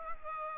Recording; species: mosquito wingbeat signal from an infrared sensor; Aedes aegypti